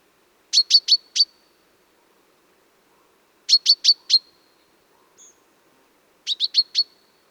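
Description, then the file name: Common chaffinch, three bursts of four sharp high-pitched chips separated by pauses of a few seconds, with one faint short note in between. "Fringilla coelebs"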